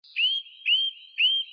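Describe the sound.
Bird calling: three clear whistled notes, each sliding up and then holding steady, repeated about every half second.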